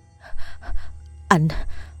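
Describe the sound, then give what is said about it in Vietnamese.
A man pants; a sharp, breathy gasp cuts in after a few soft panting breaths, rising in pitch as the air rushes in, followed by more quick, ragged exhales. “Nam nới lỏng tay, nhưng vẫn không buông cô người yêu. Nam hổn hển nói.”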